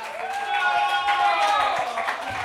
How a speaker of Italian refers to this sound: Ma un applauso a chi ci fa l'onore di venire qui, Ciccio Rigoli!